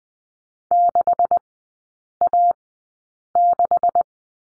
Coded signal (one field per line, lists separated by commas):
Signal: Morse code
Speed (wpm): 20 wpm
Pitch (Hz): 700 Hz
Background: none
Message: 6A6